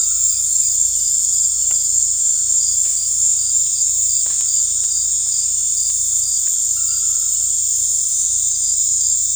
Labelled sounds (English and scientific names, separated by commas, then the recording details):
none
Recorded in dense forest near Puerto Asís, Putumayo, Colombia, on 18 December 2024 at 19:30
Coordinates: 0.481, -76.323
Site G100